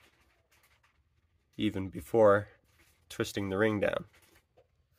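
A charger cable connector is being pushed onto the port of an eFoil battery before the threaded ring is twisted down. Someone talks over faint handling sounds. Nothing has seated or clicked yet.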